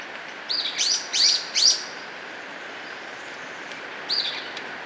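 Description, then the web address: Golden-crowned flycatcher calls: a quick run of four high, squeaky notes, then a single similar note after a pause of about two and a half seconds. Recorded in Ecuador. "Natures Songs S America Birds of Ecuador. Golden-Crowned Flycatcher"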